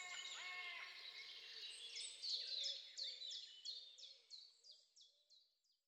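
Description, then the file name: Birds singing softly, a blurred chorus giving way to a clear run of quick descending chirps that slows and fades away at the end. Birds singing at dawn. "Odgłosy-Natury-Świt-i-ptaki"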